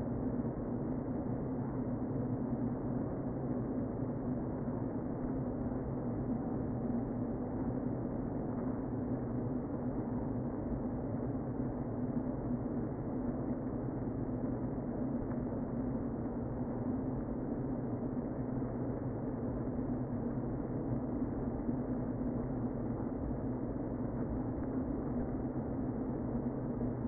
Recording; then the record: honeybee colony, microphone inside the hive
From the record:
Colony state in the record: queen present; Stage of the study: before two queens were removed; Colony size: about 60,000 bees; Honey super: yes